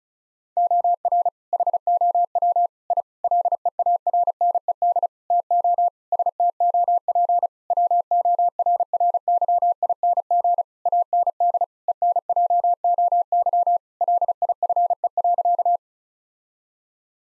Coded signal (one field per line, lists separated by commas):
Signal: Morse code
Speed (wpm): 36 wpm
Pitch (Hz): 700 Hz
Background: none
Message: OR HOW I LEARNED TO STOP WORRYING AND ENJOY LIFE.